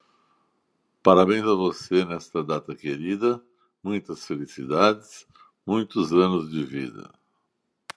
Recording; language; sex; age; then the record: short text; Brazilian Portuguese; male; 60 to 69 years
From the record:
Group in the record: control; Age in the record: 65 years